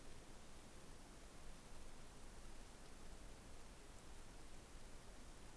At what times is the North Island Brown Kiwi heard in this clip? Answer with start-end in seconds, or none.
none